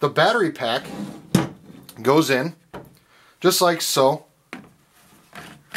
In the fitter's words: and that snaps into place. It actually goes in there really tight and snaps in, and that's good because then it won't fall off.